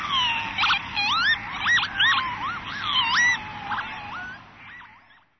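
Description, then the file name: Northern lapwing calling repeatedly: twisting, wheezy whistles that swoop up and down, fading out near the end. "kievit"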